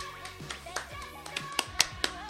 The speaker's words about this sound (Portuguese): Vocês estão aplaudindo porque é bom?